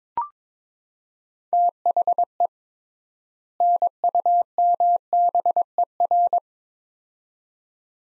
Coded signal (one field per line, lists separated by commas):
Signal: Morse code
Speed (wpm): 22 wpm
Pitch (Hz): 700 Hz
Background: none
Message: THE NUMBER